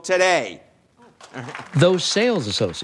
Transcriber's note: applause